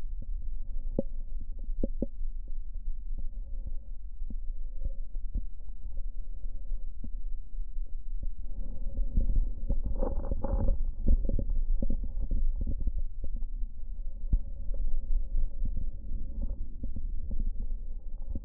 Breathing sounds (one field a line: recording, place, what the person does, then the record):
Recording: lung sounds by stethoscope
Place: right posterior basal chest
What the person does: quiet breathing, then deep breathing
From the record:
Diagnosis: COPD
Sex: male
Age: 70 years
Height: 183 cm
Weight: 116 kg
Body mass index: 34.6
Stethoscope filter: diaphragm mode